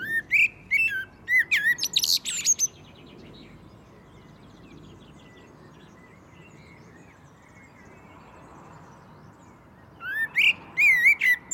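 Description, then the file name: Common blackbird singing two phrases of fluted whistles mixed with high squeaky twitters, separated by about seven seconds of quiet. "Turdus merula"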